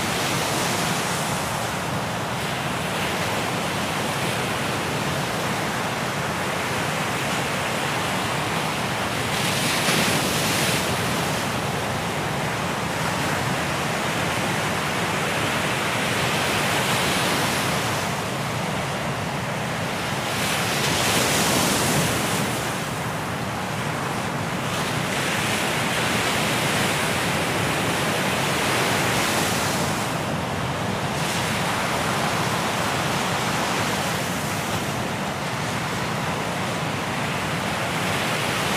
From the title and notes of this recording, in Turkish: Hawaii'de Sahile Çarpan Rahatlatıcı Dalgalar. Hawaii'nin Kuzey Kıyısına çarpan dalgaları.